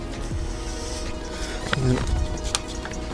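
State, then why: Not seated. A replacement front door lock cylinder is pushed with some force into the lock housing of a Berlingo/Partner van's front door, with music playing in the background. Sharp handling knocks are heard at about 1.7 s, 2.6 s and 2.9 s. Nothing has seated or clicked into place yet.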